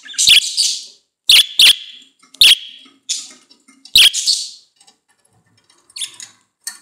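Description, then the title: Budgerigar squawks: several loud, harsh, shrill calls, followed by softer faint chirps. "Budgie Sounds"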